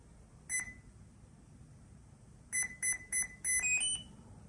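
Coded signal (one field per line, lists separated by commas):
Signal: beep code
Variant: brushed ESC motor tones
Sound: one short 2 kHz beep, pause, four short beeps, then three tones stepping upward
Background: low hum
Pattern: 1 short, 4 short, 3 rising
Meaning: ESC throttle calibration is complete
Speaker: motor makes a series of beep sound indicating that the esc throttle calibration is complete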